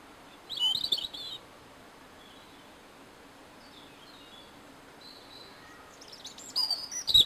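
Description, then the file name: European robin producing a short, high, jumbled twitter, a long near-silent gap with faint thin notes, then another sharp, high warbled phrase at the end. "Erithacus rubecula"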